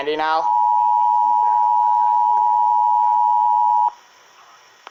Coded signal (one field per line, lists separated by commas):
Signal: Emergency Alert System (SAME) tones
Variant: 853 and 960 Hz attention tone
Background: speech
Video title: EAS 514 BLIZZARD WARNING FOR ALASKA